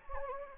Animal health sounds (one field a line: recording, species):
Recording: mosquito wingbeat signal from an infrared sensor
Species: Anopheles gambiae